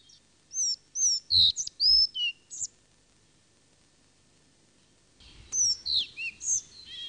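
Collared flycatcher uttering a quick run of high, thin whistled and squeaky notes, a long silence, then another similar run of varied high notes.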